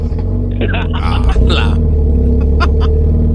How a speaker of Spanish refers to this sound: Deja que prenda el carro porque está haciendo frío.